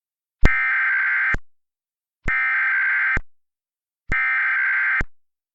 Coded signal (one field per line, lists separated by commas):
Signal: Emergency Alert System (SAME) tones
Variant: header bursts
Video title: all counties??? - EAS Mock